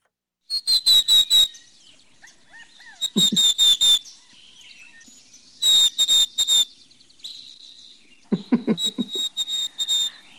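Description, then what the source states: Chickadee calls, bursts of high, clipped notes in quick runs of four or five, repeated about every two and a half seconds. Resident all year, lives high in the trees and calls to tell where it is; mnemonic 'chick, chick, chick, dee, dee, dee' gives its name; likened to a telegraph.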